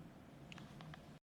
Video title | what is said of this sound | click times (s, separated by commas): Oakley Encounter OO9091 Lenses Replacement Tutorial - How to Install New Lenses | you should hear a click look | 0.5 s